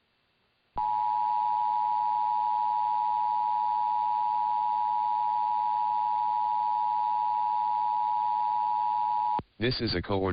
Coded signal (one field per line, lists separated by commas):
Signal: Emergency Alert System (SAME) tones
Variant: 853 and 960 Hz attention tone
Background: speech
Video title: [EAS #1838-#1844] Day 1 of Required Monthly Test Week